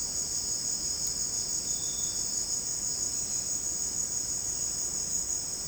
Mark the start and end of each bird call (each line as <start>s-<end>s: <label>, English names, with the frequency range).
1.65s-2.35s: Violaceous Jay (2.9-4.0 kHz)